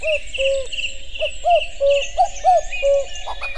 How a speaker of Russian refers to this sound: Голос кукушки, наверное, все более-менее себе представляют, но послушайте. Бывает, что кукушка кукует очень ровно, так, ритмично, но иногда она немножко сбивается.